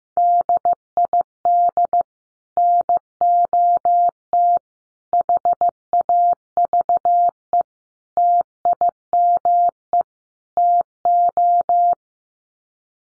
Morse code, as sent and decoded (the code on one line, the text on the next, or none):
-.. .. -.. / -. --- - / .... .- ...- . / - .. -- . / - ---
DID NOT HAVE TIME TO